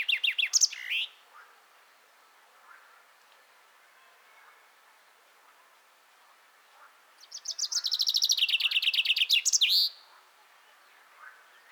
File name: Fringilla coelebs